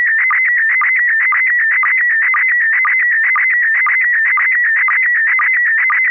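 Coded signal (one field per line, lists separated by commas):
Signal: SSTV (slow-scan television)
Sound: warbling tone around 2 kHz with rhythmic short low blips twice a second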